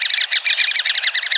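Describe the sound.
Great spotted woodpecker calling: a rapid chatter of harsh, high notes, steady throughout.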